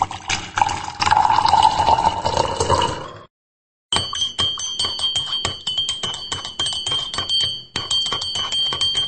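Early-morning coffee pours into a cup, its gurgling pitch rising as the cup fills. After a short silence, bright ringing clinks of metal or china follow steadily. No one speaks.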